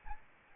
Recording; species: mosquito wingbeat signal from an infrared sensor; Aedes albopictus